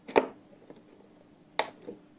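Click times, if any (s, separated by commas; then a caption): 1.6 s. A DDR4 memory stick, its notch lined up, is pushed down into an opened motherboard DIMM slot. A soft tap at 0.2 s is followed by a sharp, bright click at 1.6 s and a faint rattle just after. The stick is seated in the slot.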